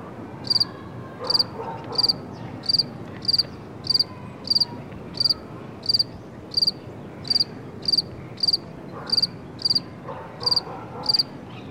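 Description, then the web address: Insect chirping: a long series of short, high, pulsed chirps repeated many times. "насекомые"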